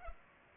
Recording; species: mosquito wingbeat signal from an infrared sensor; Culex pipiens